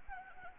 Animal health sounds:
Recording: mosquito wingbeat signal from an infrared sensor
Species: Anopheles arabiensis

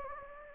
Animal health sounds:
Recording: mosquito wingbeat signal from an infrared sensor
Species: Anopheles gambiae

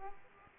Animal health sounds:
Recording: mosquito wingbeat signal from an infrared sensor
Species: Aedes aegypti

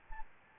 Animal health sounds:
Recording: mosquito wingbeat signal from an infrared sensor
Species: Aedes albopictus

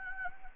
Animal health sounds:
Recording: mosquito wingbeat signal from an infrared sensor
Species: Anopheles gambiae

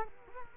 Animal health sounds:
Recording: mosquito wingbeat signal from an infrared sensor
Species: Culex quinquefasciatus

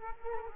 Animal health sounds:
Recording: mosquito wingbeat signal from an infrared sensor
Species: Culex quinquefasciatus

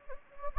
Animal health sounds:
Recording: mosquito wingbeat signal from an infrared sensor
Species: Anopheles gambiae

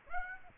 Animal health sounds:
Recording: mosquito wingbeat signal from an infrared sensor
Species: Aedes aegypti

